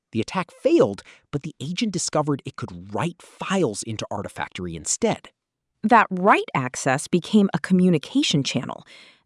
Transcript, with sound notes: The attack failed, but the agent discovered it could write files into Artifactory instead.
[thoughtful] That write access became a communication channel.